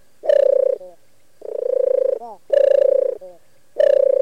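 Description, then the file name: European turtle dove purring: four rolling, vibrating low coos on a steady pitch, most followed by a short, higher falling note, the last coo cut off. "TORTORA"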